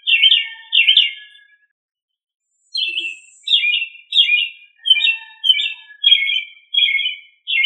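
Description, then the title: Thrush song: short warbled, slurred phrases repeated roughly every two-thirds of a second, a pause of over a second, then the run resumes, with a faint thin lower whistle at times. "Familia Turdidae - Sabia"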